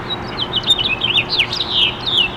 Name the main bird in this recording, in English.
House Finch